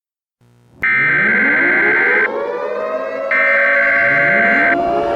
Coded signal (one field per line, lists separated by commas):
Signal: Emergency Alert System (SAME) tones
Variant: header bursts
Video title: EAS Scenario: WORLD WAR 3: NUCLEAR STRIKE